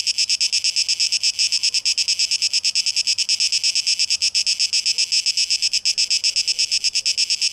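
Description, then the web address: Cicadas drone in a bright, rasping buzz that pulses rapidly. 12 August 2023; tape echo mix. "rauschpartikel Audio 2023-08-12 Zikaden"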